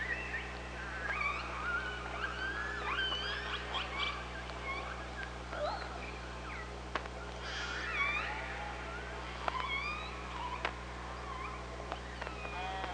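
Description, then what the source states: Killer whale calls, many overlapping rising and falling whistled and harmonic calls with clicks throughout, over a steady low hum and underwater hiss. Recorded on a hydrophone by OrcaLab, 24 August 2017 at 05:27.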